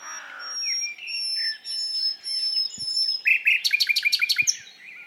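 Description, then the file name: Common nightingale song: a low whistle, then thin high sustained whistles, building to a loud rapid series of repeated clipped notes near the end. "Luscinia megarhynchos"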